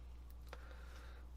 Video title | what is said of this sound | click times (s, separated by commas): Building the Back to the Future DeLorean Issue 4 Mr Fusion | that basically snaps right into place and | 0.5 s